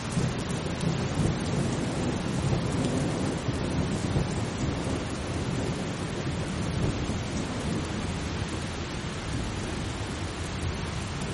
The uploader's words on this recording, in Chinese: 助眠雷雨声：平静的雨。